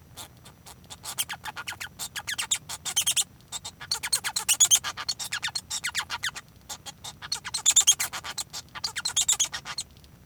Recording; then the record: song of a male Bengalese finch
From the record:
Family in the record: son of father 1